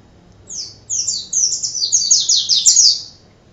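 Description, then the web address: White-eye song: a quick run of high, thin twittering notes, rolling on for about two and a half seconds. Ngerol song style. "pleci ngerol. masteran pleci"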